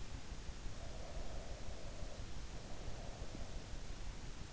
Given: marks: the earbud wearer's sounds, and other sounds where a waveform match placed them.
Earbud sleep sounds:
sounds in sleep by an in-ear microphone; breath
0.59-3.46 s: breath

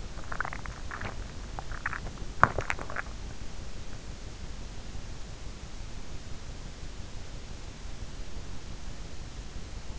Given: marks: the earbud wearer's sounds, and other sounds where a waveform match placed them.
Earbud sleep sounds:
sounds in sleep by an in-ear microphone; swallowing, teeth grinding
0.00-2.27 s: swallowing
2.27-3.30 s: teeth grinding

